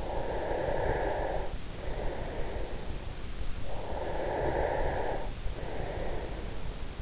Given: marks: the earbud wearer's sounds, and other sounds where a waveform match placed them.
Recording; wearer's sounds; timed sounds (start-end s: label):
sounds in sleep by an in-ear microphone; breath
0.03-2.75 s: breath
3.51-7.02 s: breath